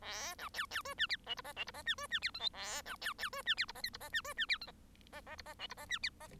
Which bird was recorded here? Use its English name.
Bengalese Finch